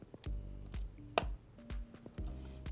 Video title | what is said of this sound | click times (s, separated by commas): Repair - Surface Pro 10 for Business | and you heard the click as it went into place | 1.2 s